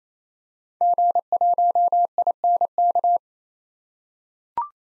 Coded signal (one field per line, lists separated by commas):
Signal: Morse code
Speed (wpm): 28 wpm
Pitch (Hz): 700 Hz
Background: none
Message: G1INK